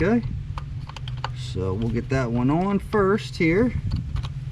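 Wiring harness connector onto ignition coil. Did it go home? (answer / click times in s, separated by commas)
no / none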